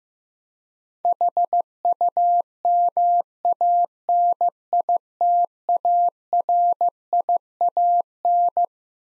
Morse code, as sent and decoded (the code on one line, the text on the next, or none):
.... ..- -- .- -. .. - .- .-. .. .- -.
HUMANITARIAN